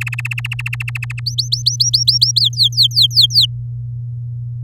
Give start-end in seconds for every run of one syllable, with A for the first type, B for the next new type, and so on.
0.01-1.20 A, 1.26-2.40 B, 2.40-3.46 C